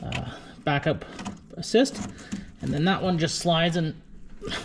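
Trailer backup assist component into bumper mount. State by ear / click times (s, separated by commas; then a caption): not seated / none. A trailer backup assist part on a 2021 F-150 is slid toward its mount under the bumper, by hand, while someone talks. Nothing has seated or clicked yet.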